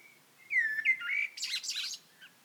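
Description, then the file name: Eurasian blackbird singing a single phrase: a low mellow fluted warble that ends in a burst of high, scratchy twittering notes. "Turdus merula"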